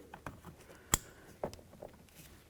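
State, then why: Seated. A blue plastic wiring harness connector is pushed onto the power window switch of a 1999-2007 Ford F-250, the same way as the gray one. Faint handling taps come before a sharp click at 0.9 s, where the connector seats, followed by a few softer taps.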